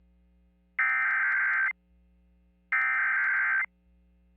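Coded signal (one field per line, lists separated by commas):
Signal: Emergency Alert System (SAME) tones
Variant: header bursts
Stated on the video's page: Real Tornado Emergency alert for Fort Polk, Louisiana.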